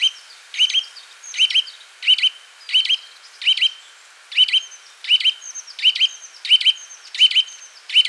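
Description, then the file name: Eurasian nuthatch calling: sharp, clear chirps, each a quick doubled note, repeated slightly unevenly a little faster than once a second against a quiet background. "Sitta europaea"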